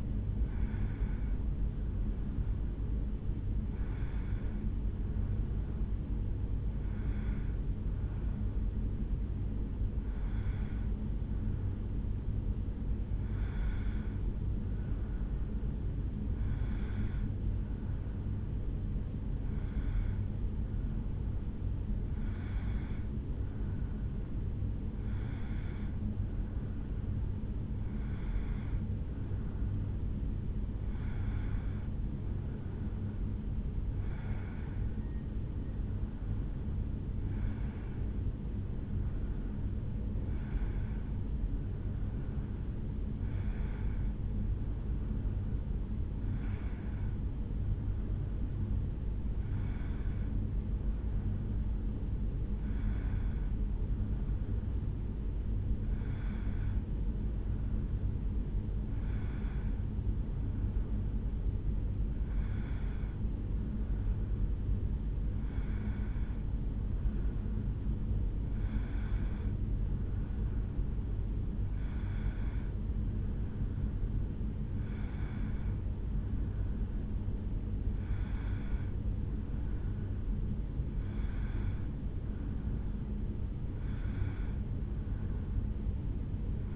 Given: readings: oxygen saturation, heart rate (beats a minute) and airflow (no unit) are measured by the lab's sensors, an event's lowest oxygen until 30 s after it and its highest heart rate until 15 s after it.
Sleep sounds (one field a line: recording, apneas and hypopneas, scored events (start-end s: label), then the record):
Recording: a person awake in a sleep study, by a smartphone at the bedside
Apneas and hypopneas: none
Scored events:
0.00-10.00 s: awake
10.00-40.00 s: new sleep stage, N1 (lightest sleep)
40.00-86.76 s: new sleep stage, awake
50.00-86.76 s: awake
From the record:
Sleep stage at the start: awake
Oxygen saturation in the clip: 93 to 94%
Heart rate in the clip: 71 to 76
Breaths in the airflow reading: 28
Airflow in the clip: -1.9 to 2.3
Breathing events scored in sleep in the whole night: 449 in 7.0 hours asleep